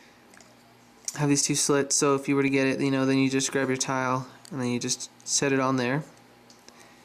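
A plastic interchangeable tile is set onto a piece of a 3x3x3 interchangeable-tile puzzle cube that has two slits, ready to be pushed on until it snaps. Someone talks from about 1.1 to 6.0 s, with faint brief taps around 0.4 s and 6.5 to 6.7 s. Nothing has seated or clicked yet.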